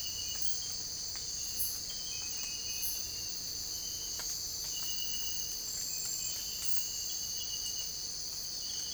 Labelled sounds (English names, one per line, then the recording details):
none
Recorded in secondary vegetation near Puerto Asís, Putumayo, Colombia, on 22 December 2024 at 04:30
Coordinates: 0.481, -76.318
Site G042